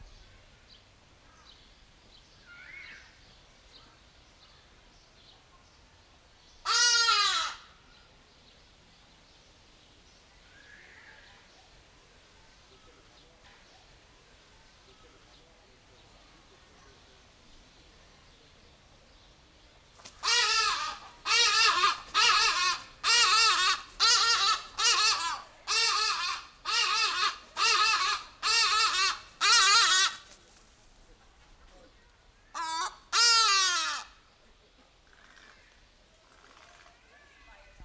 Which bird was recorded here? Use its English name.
Hadada Ibis